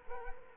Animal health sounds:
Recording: mosquito wingbeat signal from an infrared sensor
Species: Culex quinquefasciatus

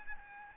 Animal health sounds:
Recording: mosquito wingbeat signal from an infrared sensor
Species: Aedes aegypti

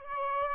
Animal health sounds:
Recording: mosquito wingbeat signal from an infrared sensor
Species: Aedes albopictus

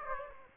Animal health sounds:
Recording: mosquito wingbeat signal from an infrared sensor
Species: Aedes aegypti

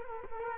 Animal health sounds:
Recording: mosquito wingbeat signal from an infrared sensor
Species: Culex quinquefasciatus

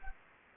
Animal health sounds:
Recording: mosquito wingbeat signal from an infrared sensor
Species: Anopheles gambiae

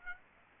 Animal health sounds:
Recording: mosquito wingbeat signal from an infrared sensor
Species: Aedes aegypti

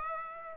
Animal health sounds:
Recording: mosquito wingbeat signal from an infrared sensor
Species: Aedes aegypti

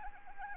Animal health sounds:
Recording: mosquito wingbeat signal from an infrared sensor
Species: Anopheles arabiensis

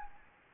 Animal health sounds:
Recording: mosquito wingbeat signal from an infrared sensor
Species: Anopheles gambiae

